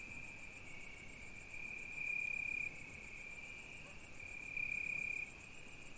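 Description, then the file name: Cricket song, a sustained high trill over a rapid, very high pulsed chirping that pauses briefly near four and a half seconds. Night crickets, recorded at Izgrev. "Noshti shturci i koteto Petrova (s Izgrev)"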